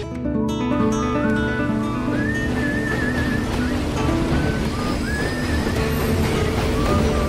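Someone whistles a lilting chacarera tune in thin, wavering high notes aboard a train departing for Buenos Aires, partly buried under the steady, loud rumbling roar of the moving train that runs through the whole stretch.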